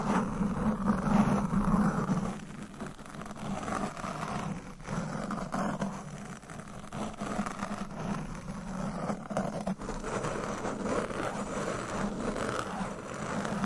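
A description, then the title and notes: Deep, continuous scratching on a microphone fills the whole clip, a dense rough rasping with a strong low rumble underneath. The texture stays steady with small surges, a bit louder in the first two seconds, and brief pauses near five and ten seconds. No voice is heard. ASMR Deep Mic Scratching - Brain Scratching Brain Melting Asmr No Talking for Sleep Long Nails.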